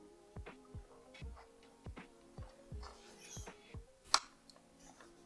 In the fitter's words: did you hear it click